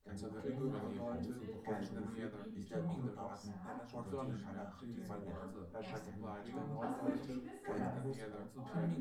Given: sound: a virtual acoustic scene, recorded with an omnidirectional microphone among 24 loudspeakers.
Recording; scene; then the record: noise of the scene; living room, symmetric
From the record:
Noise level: 70 dB SPL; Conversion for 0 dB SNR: 6.9 dB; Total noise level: 76.9 dB SPL